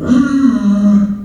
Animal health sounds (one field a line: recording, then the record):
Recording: squeal of a Yucatan mini pig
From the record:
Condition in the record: after surgery on the right vocal fold (resection and tissue-engineered implant)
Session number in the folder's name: 6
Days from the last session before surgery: 40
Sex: female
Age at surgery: 19 weeks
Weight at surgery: 25 kg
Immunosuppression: prednisolone